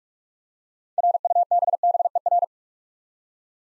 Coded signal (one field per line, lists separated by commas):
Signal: Morse code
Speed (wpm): 46 wpm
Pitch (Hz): 700 Hz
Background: none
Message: RUBBER